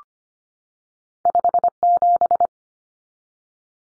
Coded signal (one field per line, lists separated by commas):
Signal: Morse code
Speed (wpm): 25 wpm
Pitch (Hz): 700 Hz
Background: none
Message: 57